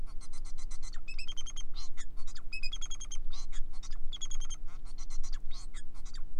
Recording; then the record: song of a male Bengalese finch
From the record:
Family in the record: son of father 4